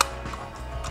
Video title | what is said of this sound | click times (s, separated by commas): Cache Carnival (And 3D Printing) | then it locks and then it stays | 0.0 s